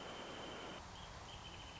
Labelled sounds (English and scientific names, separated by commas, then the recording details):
Wrentit (Chamaea fasciata)
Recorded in Sonoma County, California